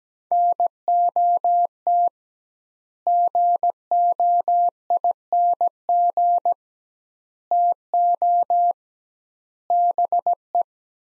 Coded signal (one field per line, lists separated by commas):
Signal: Morse code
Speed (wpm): 17 wpm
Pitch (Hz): 700 Hz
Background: none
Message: NOT GOING TO BE